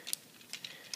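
Two plastic sections of a Transformers Generations Voyager Sandstorm action figure are brought around during its transformation and pressed together so their tabs lock. Light plastic taps and rubbing lead to sharp clicks at 0.1 s and 0.9 s, with smaller ticks between them. The tabs seat together.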